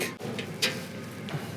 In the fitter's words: Clips back down into place you'll hear them click